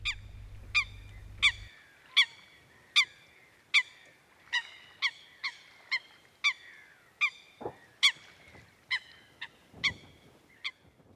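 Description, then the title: Eurasian coot calling: loud, clipped, metallic notes repeated in a long series of many calls. "Viikon luontoääni: Nokikana"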